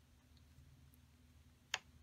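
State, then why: Seated. The adjustment dial on a circular sock-knitting machine is turned another half turn, following the instruction book, until its detent seats in the notch, giving one sharp, bright click at 1.7 s. Before it, only a low steady hum and a couple of faint ticks are heard. The dial is seated.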